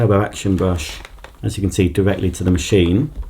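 Someone talks while a turbo action brush is handled and brought to attach directly onto the body of a Samsung Powerstick Pro VS8000 cordless stick vacuum. Nothing has seated or clicked yet when the clip ends.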